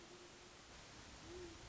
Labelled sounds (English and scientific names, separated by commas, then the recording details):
Great Horned Owl (Bubo virginianus)
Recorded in Sonoma County, California